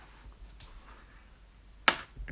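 A plastic pick is run around the edge of the aluminium bottom cover of a 13-inch MacBook Pro A1708 (2016/2017, two Thunderbolt ports), prying between the cover and the case. After quiet scraping, the second bottom-cover retaining clip releases with a loud, sharp snap at 1.9 s, followed by a faint tick near 2.3 s.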